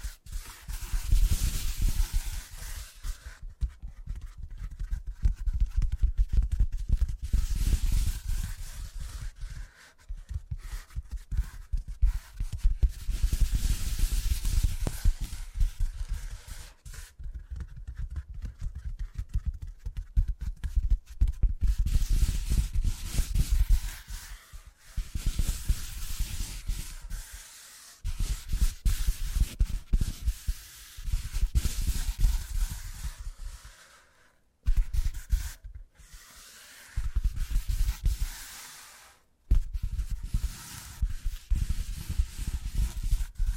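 Tingly tapping in dense, rapid bursts with a scratchy, rubbing texture, broken by short pauses every few seconds, deepest around 34 and 39 seconds.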